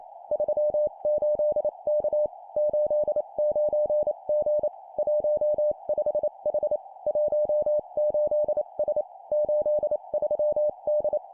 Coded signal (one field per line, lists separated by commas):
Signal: Morse code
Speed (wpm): 28 wpm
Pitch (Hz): 600 Hz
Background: none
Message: 38K 89G 15H 18S 83D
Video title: 25wpm Three letter words number,number,letter, improve cw morse code copy speed